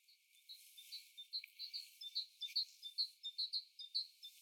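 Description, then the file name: Great tit: a series of high, thin two-note phrases repeated rapidly and fairly evenly, against a faint background hiss. "Parus major"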